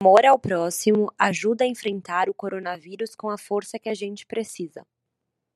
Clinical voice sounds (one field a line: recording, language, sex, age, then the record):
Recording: spoken sentence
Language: Brazilian Portuguese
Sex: female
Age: 20 to 29 years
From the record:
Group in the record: control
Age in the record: 29 years